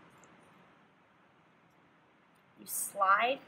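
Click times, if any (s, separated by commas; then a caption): none. A metal scalpel blade is lined up with the grooves of a scalpel handle and slid onto it, before being pressed down on a firm surface. Faint low background noise fills most of the clip, and someone talks near the end. Nothing has seated or clicked yet.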